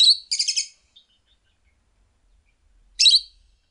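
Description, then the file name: Lovebird calls: a sharp shrill chirp, a short rapid buzzy chatter, then after a pause another brief harsh burst. "suara call lovebird"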